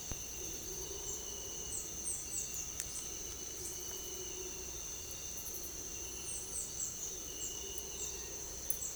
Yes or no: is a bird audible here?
yes